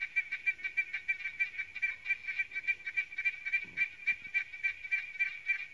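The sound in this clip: Victorian smooth froglet calling: a steady train of short clicking pulses, several a second.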